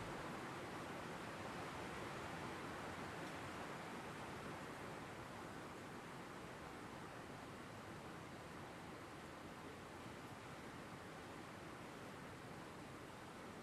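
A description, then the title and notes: Steady rain fills a night-time outdoor scene with a dense, even hiss that spreads from low rumble to bright top. Nothing stands out from the wash; it holds almost unchanged throughout, easing very slightly in loudness toward the end. Hobbit Village Ambience.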